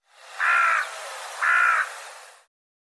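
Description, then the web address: Bird calls: two hoarse, harsh notes about a second apart, each lasting roughly a third of a second, over a faint hiss. "cianscape birddata"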